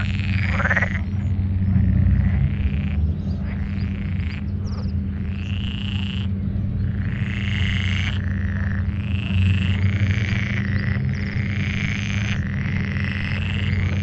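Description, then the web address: Pool frogs in a dense chorus: repeated buzzy, rattling calls, some rising slightly, follow one another almost without pause over a persistent low hum. Frogs calling in the Tävsmoor moor. "kleinerwasserfrosch. rufen jetzt die froesche im taevsmoor"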